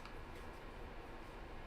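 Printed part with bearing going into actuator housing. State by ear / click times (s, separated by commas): not seated / none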